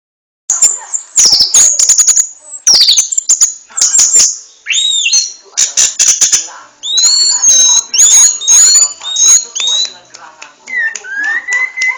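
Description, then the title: Orange-headed thrush singing a busy run of high whistles and slurred upsweeps, broken by sharp clicks, ending with a lower rising whistle. Lively, prolific champion-style song. "Suara Burung Anis Merah Gacor Teler Doyorng Juara"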